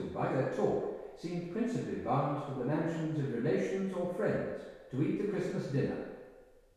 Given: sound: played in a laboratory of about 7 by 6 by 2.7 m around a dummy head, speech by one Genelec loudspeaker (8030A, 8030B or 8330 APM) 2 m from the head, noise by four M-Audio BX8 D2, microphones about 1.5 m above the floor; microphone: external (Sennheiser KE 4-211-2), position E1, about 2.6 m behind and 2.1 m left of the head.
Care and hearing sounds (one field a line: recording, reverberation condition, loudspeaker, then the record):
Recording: male speech in English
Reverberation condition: high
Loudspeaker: 150 degrees to the left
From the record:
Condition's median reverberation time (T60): about 1300 ms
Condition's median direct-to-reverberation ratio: about -4.0 dB